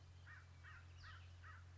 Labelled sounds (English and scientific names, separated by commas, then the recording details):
American Crow (Corvus brachyrhynchos)
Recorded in Sonoma County, California